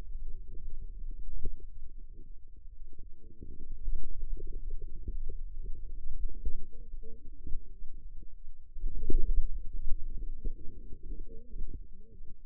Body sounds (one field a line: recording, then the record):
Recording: forearm muscle sounds (acoustic myography)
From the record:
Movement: finger pinch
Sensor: system 2, bracelet of six BSWA MPA416 microphones around the upper forearm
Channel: 5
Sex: female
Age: 21 years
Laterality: right